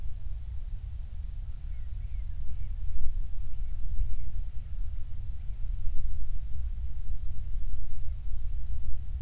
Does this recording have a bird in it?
no